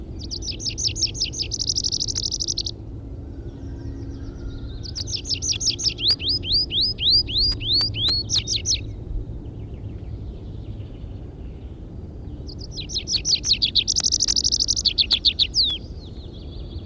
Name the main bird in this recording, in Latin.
Anthus trivialis